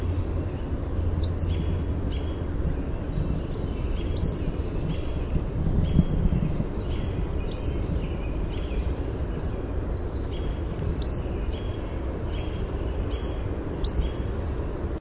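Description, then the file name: Pacific-slope flycatcher giving thin, sharply upslurred calls repeated at irregular intervals over a steady low rumble. Call type named peeist. "PSFL peeist"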